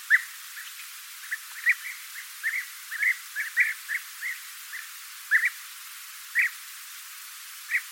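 Bird chirping in quick, uneven runs of brief high notes, bunched at first and then spacing out, against a soft background hiss.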